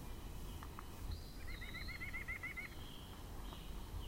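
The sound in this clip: White-breasted nuthatch calling a fast series of about nine short nasal notes over roughly a second, with a faint thin whistle and low background rumble.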